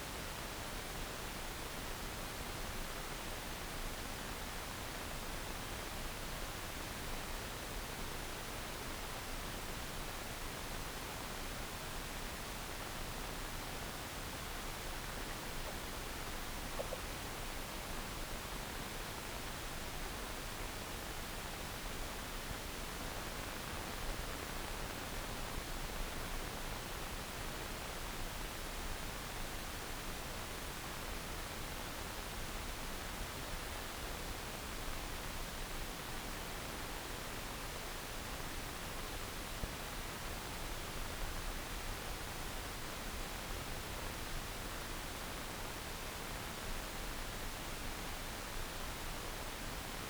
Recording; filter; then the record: brain microelectrode recording played as sound; wide band, above 20 Hz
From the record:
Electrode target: subthalamic nucleus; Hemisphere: left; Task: reaching with the right hand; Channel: 2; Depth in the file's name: 0.251 mm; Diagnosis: Parkinson's disease